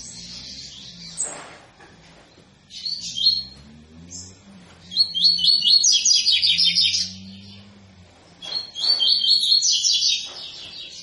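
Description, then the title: Double-collared seedeater delivering fast chattering trilled phrases of one to two seconds, several in a row with gaps, over a steady low hum. Tui-tui fibra song style, used as a tutor song for teaching young birds. "COLEIRO TUI TUI FIBRA"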